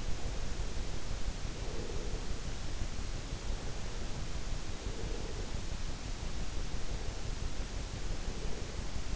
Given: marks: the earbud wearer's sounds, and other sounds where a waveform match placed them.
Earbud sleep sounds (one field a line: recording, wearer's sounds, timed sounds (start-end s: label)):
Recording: sounds in sleep by an in-ear microphone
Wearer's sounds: breath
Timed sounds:
0.00-2.43 s: breath
3.40-5.61 s: breath
6.69-8.83 s: breath